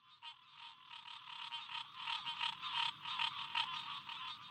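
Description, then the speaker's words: Green tree frog chorus: many nasal, honking calls overlapping in a fast, steady stream of roughly three calls a second, rising slightly in loudness midway. Pockets of chorusing green tree frogs along a muddy path inland at old rice fields managed for waterfowl, Nemours Wildlife Foundation, South Carolina. "Bo Bauer leads me further inland, along a muddy path flanked by pockets of chorusing green tree frogs."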